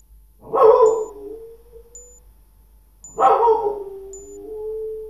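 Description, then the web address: Dog barking: two loud barks about two and a half seconds apart, each trailing off into a long, steady whining tone. "Hund"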